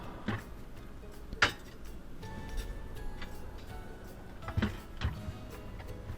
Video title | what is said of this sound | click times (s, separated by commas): LG Craft Ice Not Working? Learn How To Replace Craft Ice Maker & Test | kind of actually press it up and back and it clicks into place. | 1.4 s